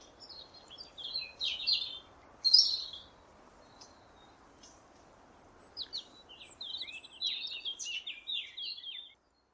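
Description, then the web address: European robin song: two high, varied warbling phrases of thin whistles and quick trills, separated by a pause of about three seconds, over a faint low hiss. "Deverinetal 2025 File origin Bird Only Er Ru"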